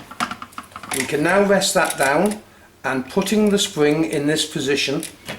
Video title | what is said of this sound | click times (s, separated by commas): How to Replace Hotpoint Ariston Door Handle C00286363, C00285747, C00290988, C00291848 | and then it will just click into place. | 0.2 s